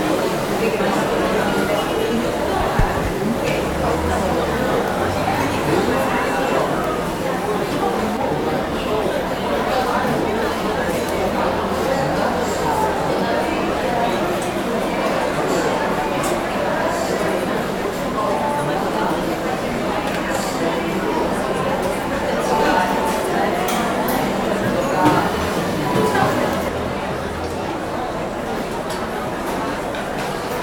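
A crowded coffee shop hums with steady overlapping chatter throughout, occasional clinks and knocks cutting through, with a low rumble in the first ten seconds.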